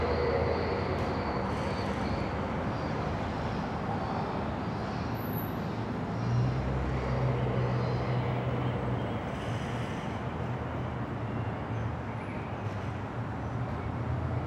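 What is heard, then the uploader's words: Steady traffic rumble fills the street outside a building entrance, a dense, even wash of passing vehicles with a low hum underneath. Around six seconds a deeper engine drone rises and lingers for a few seconds, and a brief high whine sounds near five seconds. Building Entrance Near the Street.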